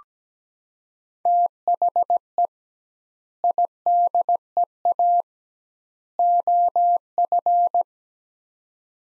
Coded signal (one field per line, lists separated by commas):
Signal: Morse code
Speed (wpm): 17 wpm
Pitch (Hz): 700 Hz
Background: none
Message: THE IDEA OF